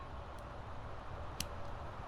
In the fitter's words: and it releases this will mount to the car